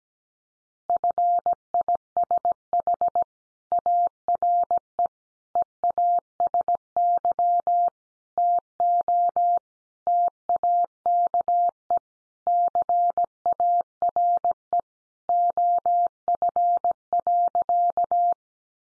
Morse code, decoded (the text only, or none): FISH ARE EASY TO TAKE CARE OF.